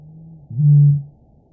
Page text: Пение птиц - Большая выпь